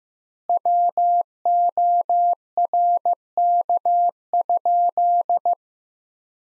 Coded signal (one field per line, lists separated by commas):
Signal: Morse code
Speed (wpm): 15 wpm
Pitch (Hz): 700 Hz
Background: none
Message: WORK?